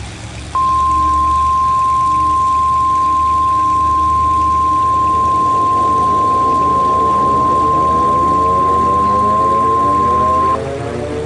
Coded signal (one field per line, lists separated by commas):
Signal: Emergency Alert System (SAME) tones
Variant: 1050 Hz attention tone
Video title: "ATTACK OF THE KILLER INFLATABLES" [HALLOWEEN EAS SCENARIO]